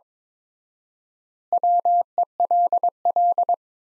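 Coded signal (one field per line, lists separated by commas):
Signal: Morse code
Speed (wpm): 22 wpm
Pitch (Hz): 700 Hz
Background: none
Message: WELL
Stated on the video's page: Morse sentences from top 400 words at 22 wpm with 4x standard word spacing, a Farnsworth-like practice drill for head-copy.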